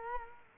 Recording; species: mosquito wingbeat signal from an infrared sensor; Culex quinquefasciatus